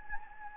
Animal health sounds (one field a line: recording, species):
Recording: mosquito wingbeat signal from an infrared sensor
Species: Anopheles gambiae